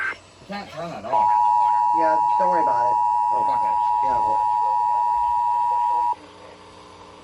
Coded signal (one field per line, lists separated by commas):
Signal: Emergency Alert System (SAME) tones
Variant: 853 and 960 Hz attention tone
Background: speech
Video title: EAS 2475-2477: KDKA EAS Test + Usual Relay + COLLAB 4 WITH SG2413!!!!!